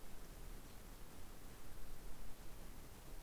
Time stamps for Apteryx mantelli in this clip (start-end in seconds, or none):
none